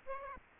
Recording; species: mosquito wingbeat signal from an infrared sensor; Aedes aegypti